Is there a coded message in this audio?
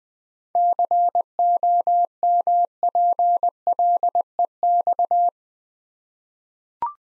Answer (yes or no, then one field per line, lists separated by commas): yes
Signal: Morse code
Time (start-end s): 0.6-5.3 s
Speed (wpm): 20 wpm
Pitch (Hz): 700 Hz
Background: none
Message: COMPLEX